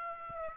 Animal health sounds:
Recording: mosquito wingbeat signal from an infrared sensor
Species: Aedes aegypti

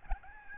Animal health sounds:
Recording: mosquito wingbeat signal from an infrared sensor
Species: Aedes albopictus

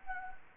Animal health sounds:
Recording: mosquito wingbeat signal from an infrared sensor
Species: Anopheles gambiae

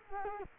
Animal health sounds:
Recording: mosquito wingbeat signal from an infrared sensor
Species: Culex quinquefasciatus

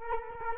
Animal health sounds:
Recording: mosquito wingbeat signal from an infrared sensor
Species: Culex quinquefasciatus

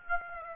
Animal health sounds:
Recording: mosquito wingbeat signal from an infrared sensor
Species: Aedes aegypti

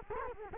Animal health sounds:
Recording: mosquito wingbeat signal from an infrared sensor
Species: Culex quinquefasciatus

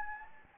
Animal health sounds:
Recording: mosquito wingbeat signal from an infrared sensor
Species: Anopheles gambiae

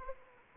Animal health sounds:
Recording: mosquito wingbeat signal from an infrared sensor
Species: Anopheles arabiensis

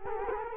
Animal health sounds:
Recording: mosquito wingbeat signal from an infrared sensor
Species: Culex quinquefasciatus

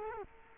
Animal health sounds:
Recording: mosquito wingbeat signal from an infrared sensor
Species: Culex quinquefasciatus

